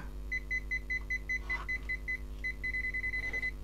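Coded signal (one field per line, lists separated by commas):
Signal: none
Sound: multimeter tester beeps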